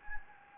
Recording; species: mosquito wingbeat signal from an infrared sensor; Anopheles gambiae